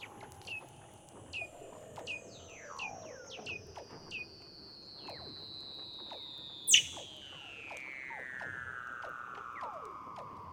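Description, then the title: Weddell seal underwater calls: long descending whistles sliding from high to low, with many short downward chirps and a sharp click partway through. "Douglas Quin - Weddell Seals (Underwater)"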